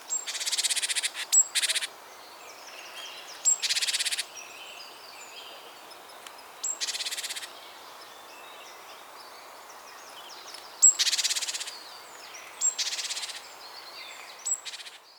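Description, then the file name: Great tit giving several harsh buzzing churr bursts, some introduced by a thin high note, with faint chirps in the background. "Parus major"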